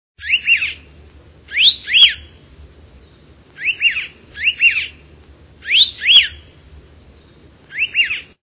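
Elepaio giving sharp, whistled double and triple notes sweeping up and down, in short bursts repeated at irregular intervals.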